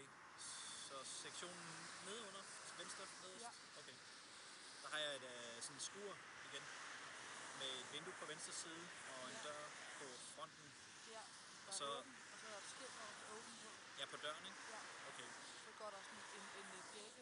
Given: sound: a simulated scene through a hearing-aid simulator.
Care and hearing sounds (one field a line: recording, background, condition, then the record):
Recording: conversation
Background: traffic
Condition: 0 dB SNR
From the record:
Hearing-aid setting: standard clinical setting (NAL)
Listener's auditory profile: D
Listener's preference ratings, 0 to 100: 50, 71, 79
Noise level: 75 dB SPL